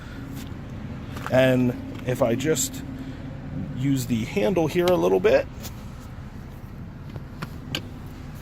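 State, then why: Not seated. A hand works the handle on the folding rear seat cushion of a 2018 GMC Canyon SLT pickup's 60/40 split rear bench, which has built-in storage underneath. Someone talks while it is handled, and a few short knocks are heard near 7.2, 7.4 and 7.8 seconds. Nothing has seated or clicked into place yet.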